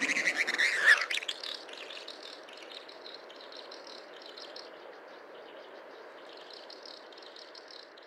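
Snipe calls open with a sharp, loud outburst, followed by a long series of quick, repeated ticking notes against a steady hiss.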